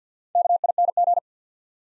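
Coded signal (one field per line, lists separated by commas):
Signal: Morse code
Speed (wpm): 50 wpm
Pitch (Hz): 700 Hz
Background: none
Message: KING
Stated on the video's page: Morse practice set at 50 wpm, building 4-letter words two letters at a time, for instant character recognition.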